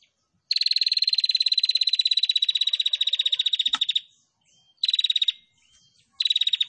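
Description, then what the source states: Prinia trilling song: a long, rapid, dry pulsed trill lasting about three and a half seconds, then two shorter bursts, with faint thin whistled notes in the pauses. Female, actively singing; masteran recording for training songbirds.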